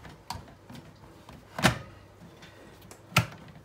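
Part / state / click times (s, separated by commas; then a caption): outer lid onto a thermal cooker body / seated / 3.2 s. The outer lid of a thermal cooker is put over the inner pot and pressed down onto the cooker body until its catch clicks shut. A few light knocks and a louder bump near 1.7 s come before the sharp click at 3.2 s, which seats the lid closed.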